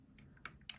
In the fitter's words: so it's set and locked in